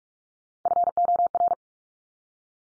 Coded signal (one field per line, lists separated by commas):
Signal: Morse code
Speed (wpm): 46 wpm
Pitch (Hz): 700 Hz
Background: none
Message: FOR